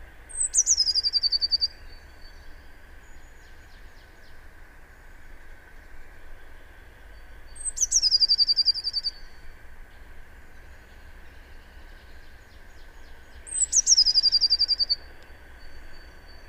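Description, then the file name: Eurasian blue tit: three phrases, each a high, thin introductory note running into a fast, falling trill, spaced about six to seven seconds apart, with a constant low hum beneath. "Cyanistes caeruleus"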